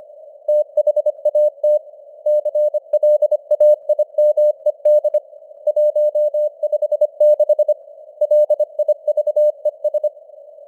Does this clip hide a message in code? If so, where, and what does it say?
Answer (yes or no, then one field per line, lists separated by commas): yes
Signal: Morse code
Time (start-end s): 0.5-10.1 s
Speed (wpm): 25 wpm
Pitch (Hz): 600 Hz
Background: none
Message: THAT CLAIMED 156 LIVES